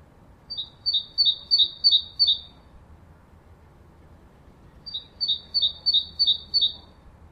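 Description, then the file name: Great tit giving two bursts of about six quick see-saw double notes, high then lower, separated by a pause, with a quiet background. "Parus major"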